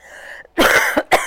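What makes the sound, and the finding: Adult. Cough.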